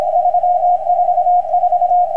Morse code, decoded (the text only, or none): 344